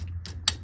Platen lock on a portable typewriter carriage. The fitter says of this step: that would be locked into place